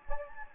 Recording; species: mosquito wingbeat signal from an infrared sensor; Anopheles gambiae